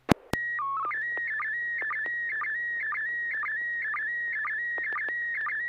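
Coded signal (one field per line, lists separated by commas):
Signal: SSTV (slow-scan television)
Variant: PD 120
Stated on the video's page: SSTV images exchanged on a weekly amateur net via an FM repeater on 441.30 MHz in Sacramento, California.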